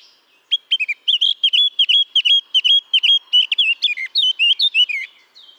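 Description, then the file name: Eurasian blackcap song, a rapid series of clear whistled notes around one pitch, repeated briskly, ending in a few higher fluty phrases. "Sylvia atricapilla"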